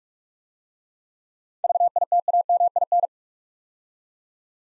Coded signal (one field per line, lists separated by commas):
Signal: Morse code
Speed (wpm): 44 wpm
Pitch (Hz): 700 Hz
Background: none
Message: VITAMIN